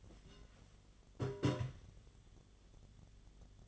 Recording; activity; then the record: daily activity, microphone in the room; take from stove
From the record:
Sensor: 4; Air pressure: 1010.9 hPa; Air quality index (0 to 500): 167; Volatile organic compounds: 4 ppm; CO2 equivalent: 1697 ppm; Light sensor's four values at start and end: 40/115/46/48 and 41/117/47/48